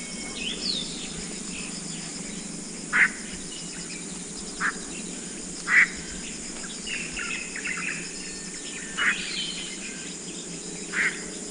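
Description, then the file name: Chinese hwamei giving short, sharp call notes at irregular intervals over steady insect noise. Nominate subspecies canorus; call recorded near Beishan, Guangxi, China, on 19 July 2012. "Chinese Hwamei Ssp Canorus Call 120719 Guangxi Dai Wian Near Beishan"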